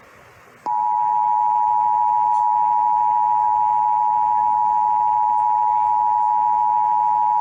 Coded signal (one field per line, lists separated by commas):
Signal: Emergency Alert System (SAME) tones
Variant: 853 and 960 Hz attention tone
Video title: Tornado Warning EAS from 820 AM WBAP via 99.5 HD 2 on 5/3/2021 (1 of 2)